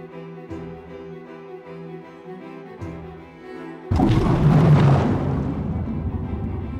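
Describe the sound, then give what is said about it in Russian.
Two torpedoes fire a short interval apart from submarine bow tubes at a target ship 3 cables away: a steady mechanical drone is broken by two low thumps a couple of seconds apart, then a loud, sustained rushing surge takes over. “Две торпеды с небольшим интервалом покидают носовые аппараты и устремляются на перехват цели.”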